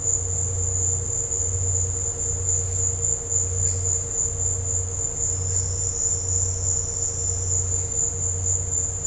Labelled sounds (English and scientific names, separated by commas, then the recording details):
none
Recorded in dense forest near Puerto Asís, Putumayo, Colombia, on 13 March 2025 at 15:30
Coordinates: 0.468, -76.322
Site GP01